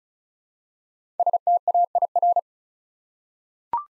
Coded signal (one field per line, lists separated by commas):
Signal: Morse code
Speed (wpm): 36 wpm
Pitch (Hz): 700 Hz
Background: none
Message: STAIR